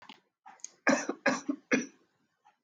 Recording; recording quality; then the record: shallow voluntary cough; excellent, no background noise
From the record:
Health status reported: healthy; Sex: female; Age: 36 years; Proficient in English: yes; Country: United States